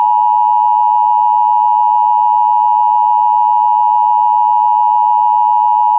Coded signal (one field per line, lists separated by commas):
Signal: Emergency Alert System (SAME) tones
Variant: 853 and 960 Hz attention tone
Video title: EAS #270 Severe Thunderstorm Warning On WJON-IQ